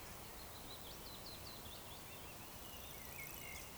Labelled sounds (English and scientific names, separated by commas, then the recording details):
Eurasian Woodcock (Scolopax rusticola) whistle
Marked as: whistle, whistle
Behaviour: display flight
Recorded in Baden-Württemberg, Germany, on 12 June 2020 at 19:31 UTC
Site 43791, 788 m above sea level